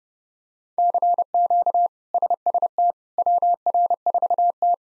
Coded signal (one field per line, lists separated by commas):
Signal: Morse code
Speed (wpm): 30 wpm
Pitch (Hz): 700 Hz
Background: none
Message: CQ SST WR4T